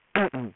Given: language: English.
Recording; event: throat vibration sensor signal played as sound; throat clearing